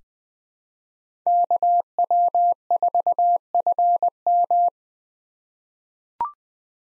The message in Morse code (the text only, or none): KW4FM